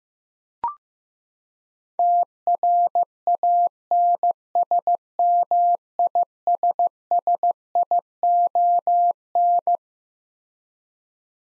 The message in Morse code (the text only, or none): TRANSMISSION